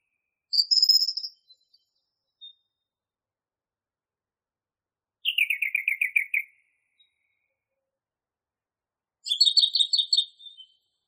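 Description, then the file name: Song thrush song in three separate trilled phrases, each a rapid run of repeated notes, the middle one lower and falling, with long pauses between. Recording used as masteran tutor for training songbirds. "suara masteran songthrush"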